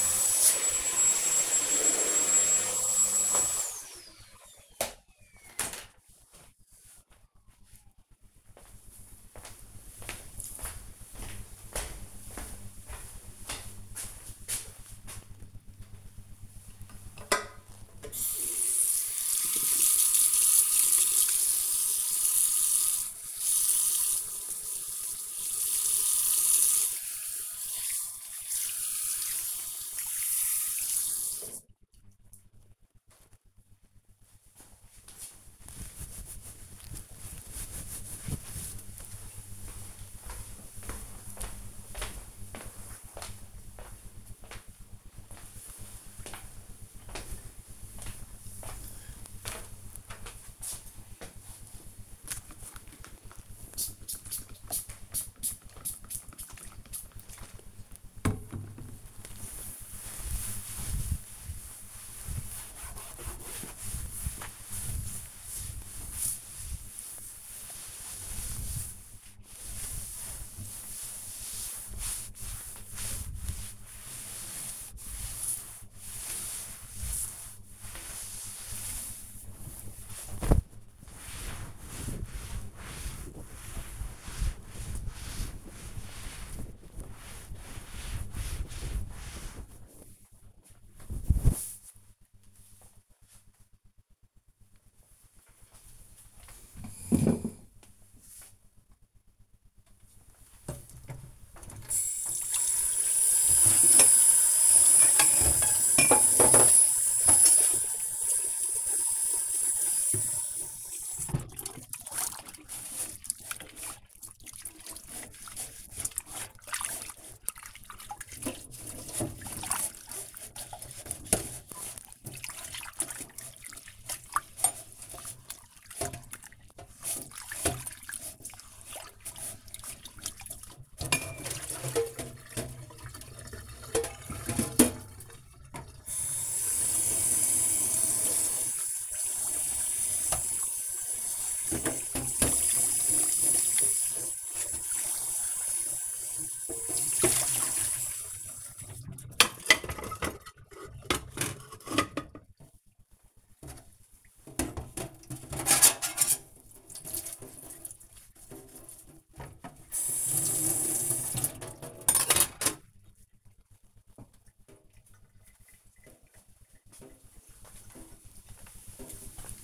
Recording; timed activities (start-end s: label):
household activities, microphone on the right wrist
0.00-3.59 s: vacuum cleaning
15.64-32.75 s: washing hands
51.91-90.24 s: cleaning table
99.28-163.68 s: washing dishes